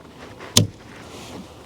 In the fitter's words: and just slide that in the end until it clicks in place.